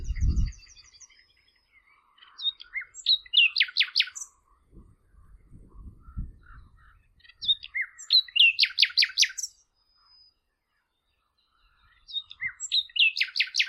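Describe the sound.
Bird song: three bursts of fast, buzzy repeated notes, each phrase a few seconds apart, with a brief low thump at the start and faint low rumbling.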